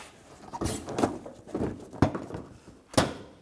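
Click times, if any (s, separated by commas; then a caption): 2.0 s, 3.0 s. On a 2007-2013 Mitsubishi Outlander, the plastic front bumper cover is pulled out slightly, its tab is lined up with the groove under the headlight, and it is pushed in with force. After some rubbing and scraping of plastic, sharp clicks sound at 2.0 s and 3.0 s as the tab seats in the groove.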